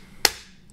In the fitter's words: There we go. There's a click, and they're saying it's super strong.